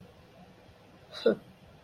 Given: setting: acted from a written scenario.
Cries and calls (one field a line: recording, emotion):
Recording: vocal sound without words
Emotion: contempt